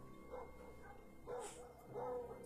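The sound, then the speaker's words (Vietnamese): A pack of dogs barks at midnight in loud, overlapping bursts, a few sharp yelps rising above a steady low rumble, with no one speaking. “Trong cái không gian u tối lạnh lẽo, đàn chó vẫn không ngừng sủa inh ỏi.”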